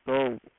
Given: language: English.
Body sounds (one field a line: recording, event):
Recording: throat vibration sensor signal played as sound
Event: speech